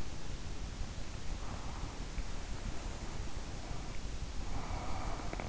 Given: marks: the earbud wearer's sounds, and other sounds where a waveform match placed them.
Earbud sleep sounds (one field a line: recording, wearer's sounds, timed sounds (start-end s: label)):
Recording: sounds in sleep by an in-ear microphone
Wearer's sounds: breath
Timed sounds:
1.19-5.49 s: breath